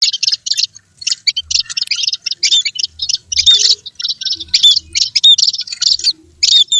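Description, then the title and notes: Bird chirping: rapid, loud bursts of high twittering notes, densely repeated with short gaps and a few low thumps underneath. Bird lure sounds used to attract stubborn birds that are hard to approach. "Suara Burung Bandel Yang Susah Mendekati. Kompilasi Suara Pikat Burung"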